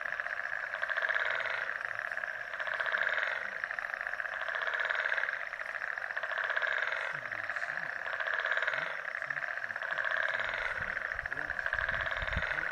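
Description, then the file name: Many frogs croak in a continuous trilling chorus, swelling about every two seconds, with a low rumble near the end. Frog chorus recorded in Mauritius. "Mauritius Frog Symphony"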